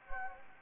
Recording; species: mosquito wingbeat signal from an infrared sensor; Anopheles gambiae